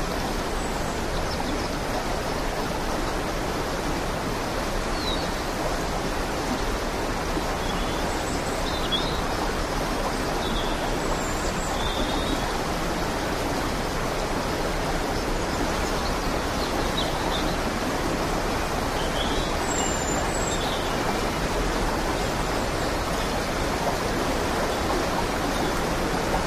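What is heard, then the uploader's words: A creek rushes in a steady, dense wash of water noise, unchanging, with faint high bird chirps scattered throughout. Creek in Rocky Mountains.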